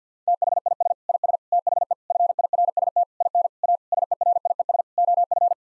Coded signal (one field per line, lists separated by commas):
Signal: Morse code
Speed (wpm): 50 wpm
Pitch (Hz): 700 Hz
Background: none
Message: THIS IS THE FIRST IN A SERIES OF